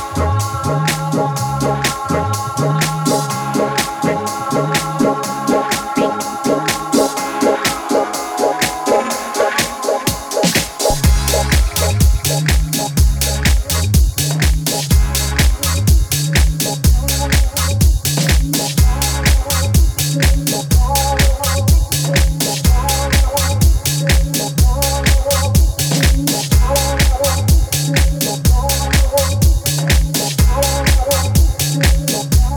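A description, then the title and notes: New house sounds: a looping electronic track with a deep, bouncing bass line and held synth chords. For the first ten seconds the beat is sparse and filtered, then a full, steady four-on-the-floor kick and bright hi-hats come in and drive evenly to the end. New house sounds.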